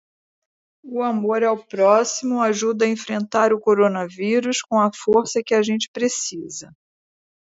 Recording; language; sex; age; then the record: spoken sentence; Brazilian Portuguese; female; 60 to 69 years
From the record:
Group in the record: control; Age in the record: 68 years